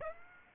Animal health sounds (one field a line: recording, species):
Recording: mosquito wingbeat signal from an infrared sensor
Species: Aedes aegypti